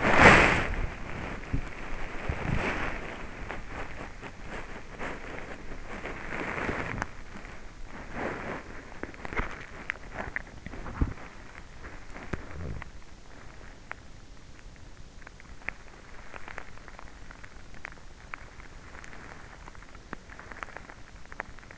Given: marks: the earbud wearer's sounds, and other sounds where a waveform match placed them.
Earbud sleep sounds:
sounds in sleep by an in-ear microphone; body movement, teeth grinding
0.00-7.31 s: body movement
7.53-21.78 s: teeth grinding

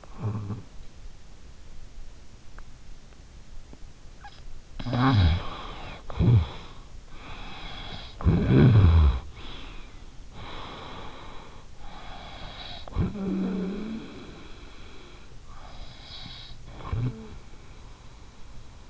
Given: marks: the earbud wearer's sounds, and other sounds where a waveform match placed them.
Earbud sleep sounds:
sounds in sleep by an in-ear microphone; snoring breath, breath
0.00-0.92 s: snoring breath
4.73-9.33 s: snoring breath
9.33-11.60 s: breath
11.60-18.85 s: snoring breath

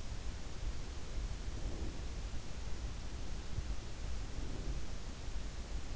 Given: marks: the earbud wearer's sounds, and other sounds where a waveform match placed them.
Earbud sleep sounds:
sounds in sleep by an in-ear microphone; breath
1.26-2.24 s: breath
4.16-5.18 s: breath

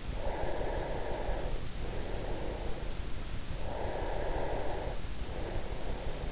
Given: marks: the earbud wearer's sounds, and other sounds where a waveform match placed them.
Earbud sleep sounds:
sounds in sleep by an in-ear microphone; breath
0.16-2.85 s: breath
3.39-6.32 s: breath

